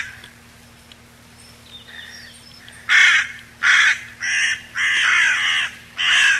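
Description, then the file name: Carrion crow with faint quiet notes at first, then a run of loud rasping caws, some drawn out longer than others. 10 July 1992. "10 07 92 Ccorone"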